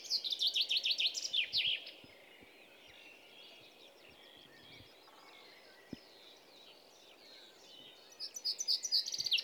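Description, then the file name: Common chaffinch song: a rattling descending trill with a final flourish at the start, then faint twittering, then another trill beginning near the end. "Fringilla coelebs"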